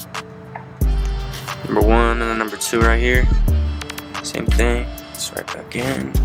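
The number one ignition wire boot is pushed back down onto its spark plug in the valve cover of a 1994 Suzuki Every kei van engine and snaps into place with a sharp click at 0.2 seconds, seating it. Someone talks over background music as further short clicks follow.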